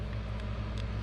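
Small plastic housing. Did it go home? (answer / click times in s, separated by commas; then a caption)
no / none. The back half of a plastic 4-button key fob housing for a 2005 Honda CR-V is pressed onto the front half, over a steady low hum with a faint brief tap near 0.8 s. The housing fails to snap closed, and nothing has clicked or seated yet.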